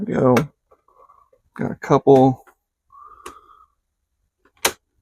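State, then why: Seated. A plastic bezel panel is pressed onto a desktop case, seating more of its plastic edge clips. Someone talks, a faint hum sits in the background, and a sharp, loud snap at 4.7 s marks the clips seating into place, with the panel feeling more solid.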